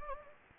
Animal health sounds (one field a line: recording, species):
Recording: mosquito wingbeat signal from an infrared sensor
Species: Anopheles gambiae